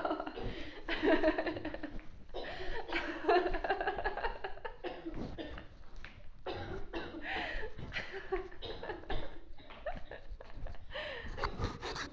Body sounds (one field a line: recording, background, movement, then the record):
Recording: laughter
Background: a bystander coughing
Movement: walking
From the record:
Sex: female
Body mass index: 18.3 kg/m2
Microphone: on the chest, facing outward